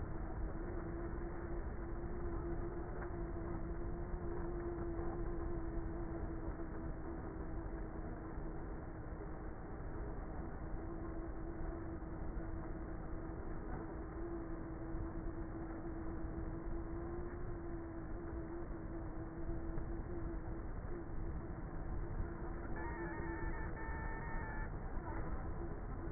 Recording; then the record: honeybee colony, microphone inside the hive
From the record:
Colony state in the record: queenless with a low population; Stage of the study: before two queens were removed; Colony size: about 30,000 bees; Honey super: no